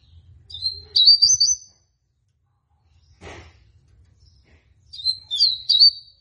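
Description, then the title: Rusty-collared seedeater song: two bursts of high, sweet whistled and warbled notes, each about a second long, about four seconds apart, over a faint low rumble. Female bird; song in the tui tui style. "COLEIRO DE GOLA TUI TUI FIBRA"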